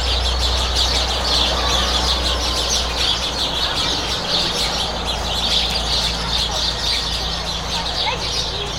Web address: Sound Effects-BBC Sparrows. port of Corumba, border town with Bolivia, loud sparrow, also speech, some Spanish